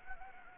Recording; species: mosquito wingbeat signal from an infrared sensor; Anopheles gambiae